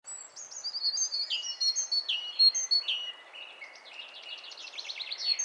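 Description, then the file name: Great tit, a steady stream of high chirps and down-slurred notes ending in a quick rattling series. "Parus major"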